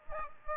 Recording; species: mosquito wingbeat signal from an infrared sensor; Aedes aegypti